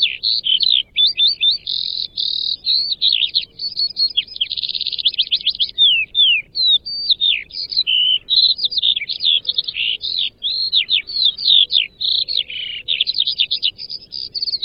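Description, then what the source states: Eurasian skylark delivering a long flow of high, fast twittering and buzzy trills, with sweeping slurred notes throughout. Male bird.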